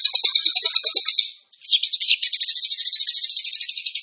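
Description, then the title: Tembakan bird song: a short high ringing phrase, a brief break, then a rapid rattling trill of evenly repeated notes. Masteran recording for training captive songbirds; the bird is described as gacor, singing energetically. "Masteran Burung Tembakan Gacor"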